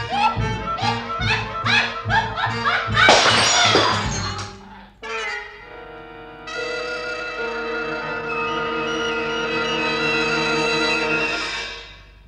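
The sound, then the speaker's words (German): A loud glass bottle shatters in a bright, noisy burst, breaking through rhythmic plucked music that then gives way to sustained, shimmering tones. “Anselmus, Anselmus, hebe dich auf den Scherben der Flasche, rein und unverletzt.”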